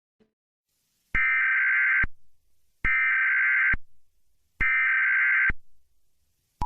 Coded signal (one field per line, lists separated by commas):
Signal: Emergency Alert System (SAME) tones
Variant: header bursts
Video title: EAS Scenario Playhouse Disney